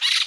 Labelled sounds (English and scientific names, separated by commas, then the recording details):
Brown-throated Parakeet (Eupsittula pertinax) contact call
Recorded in Margarita
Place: San Francisco, near stadium
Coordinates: 11.018, -64.294